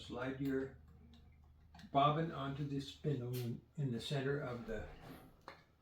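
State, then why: Not seated. Someone talks while handling a metal bobbin at a restored vintage Singer 115 sewing machine during its final test after restoration, beginning to slide it onto the center spindle of the rotary hook, where it should click into place and sit snug. Between the speech there are only faint handling sounds and a brief tick near 5.5 s, and the clip ends before the bobbin goes home: nothing has seated or clicked yet.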